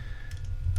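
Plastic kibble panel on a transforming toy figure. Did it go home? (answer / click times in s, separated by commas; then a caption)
no / none. A plastic kibble panel on a transforming toy figure is rotated and popped up into position, making only a faint tap near 0.8 seconds over a low steady hum. There is no physical tab, so the panel does not lock, and nothing has seated or clicked yet.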